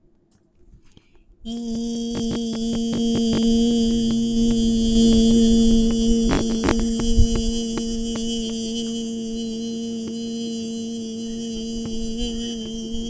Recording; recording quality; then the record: sustained vowel as in beet; excellent, no background noise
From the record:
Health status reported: healthy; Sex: female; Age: 33 years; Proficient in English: yes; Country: India